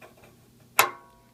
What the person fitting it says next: you can hear the revolver lock into place